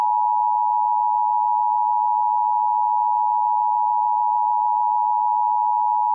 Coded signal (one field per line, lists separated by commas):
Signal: Emergency Alert System (SAME) tones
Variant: 853 and 960 Hz attention tone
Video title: Washington DC EAs alarm